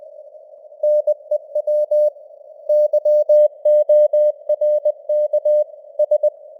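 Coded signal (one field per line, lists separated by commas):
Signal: Morse code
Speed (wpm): 20 wpm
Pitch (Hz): 600 Hz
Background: none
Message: NEW YORK S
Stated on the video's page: News headlines in Morse at 20 wpm with simulated radio noise and varying signal strength (QSB).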